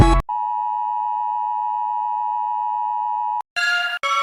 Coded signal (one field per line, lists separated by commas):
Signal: Emergency Alert System (SAME) tones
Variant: 853 and 960 Hz attention tone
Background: music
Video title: Series 1 Of EAS Alarms Animated (FULL COLLECTION)